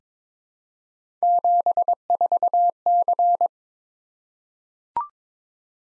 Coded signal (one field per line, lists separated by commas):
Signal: Morse code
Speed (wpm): 22 wpm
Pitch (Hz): 700 Hz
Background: none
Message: 74C